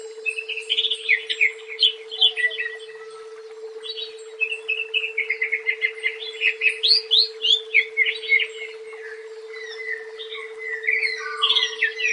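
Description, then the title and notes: Leafbird song: rapid, varied chirping and warbled phrases, bright and jumbled, with short pauses, over a steady hum throughout. "Cucak Ijo"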